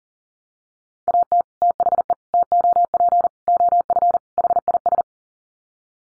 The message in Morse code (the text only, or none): AT THE TOP OF HIS